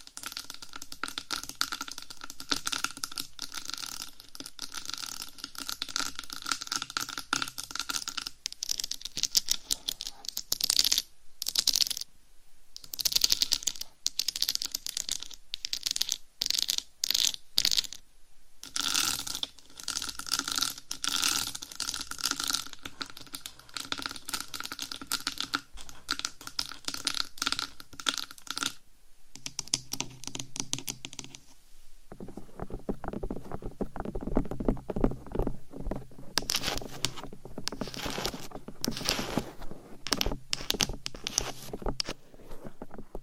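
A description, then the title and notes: Mic scratching and tapping: dense, fast bursts of bright scraping with a faint steady tone, brief pauses near 11–18 and 30–32 seconds. ASMR Binaural 3Dio Mic Scratching , Massage & Tapping Hypnotic Asmr No Talking.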